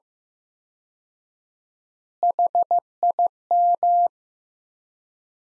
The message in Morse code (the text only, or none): HIM